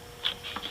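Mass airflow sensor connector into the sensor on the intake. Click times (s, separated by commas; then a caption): 0.3 s. The mass airflow sensor's electrical connector is slid back on and pushed up into place on the sensor of a K&N performance cold-air intake on a 2008 Chevrolet Corvette. A sharp click sounds at 0.3 s, followed by a softer tap near 0.7 s, as the connector seats.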